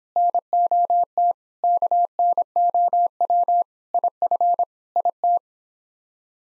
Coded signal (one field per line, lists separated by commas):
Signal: Morse code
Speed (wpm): 24 wpm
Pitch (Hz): 700 Hz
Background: none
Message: NOT KNOW IF IT